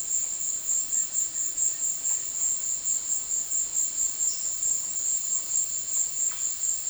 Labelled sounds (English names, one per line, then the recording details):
none
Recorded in dense forest near Puerto Asís, Putumayo, Colombia, on 20 February 2024 at 16:30
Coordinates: 0.500, -76.322
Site G6465